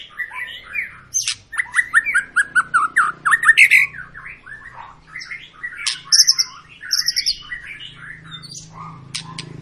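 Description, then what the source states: White-rumped shama song, dense chattering and whistled phrases with many quick notes, pausing briefly before a second varied burst. Long lure song (pancingan) of an actively singing (gacor) white-rumped shama, intended to prompt other birds to sing.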